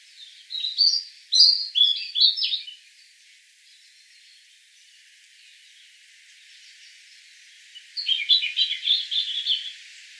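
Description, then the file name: European robin giving two bursts of rapid, scratchy twittering notes, the first early on and the second after several seconds of quiet. "Erithacus rubecula"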